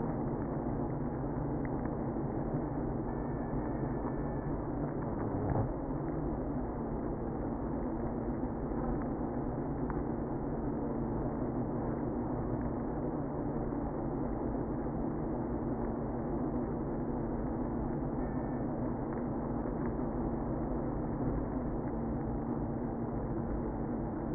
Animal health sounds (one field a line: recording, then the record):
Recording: honeybee colony, microphone inside the hive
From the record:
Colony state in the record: queenless (queen removed)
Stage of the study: after two queens were removed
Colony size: about 60,000 bees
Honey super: yes